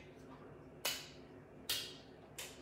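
The plastic screw cap of a sealed League Of Fire Chug V3 sauce bottle is twisted open, and its tamper-evident seal breaks with sharp clicks at 0.9 s and 1.7 s, followed by a fainter snap at 2.4 s. The cap comes free, showing the bottle has not been tampered with.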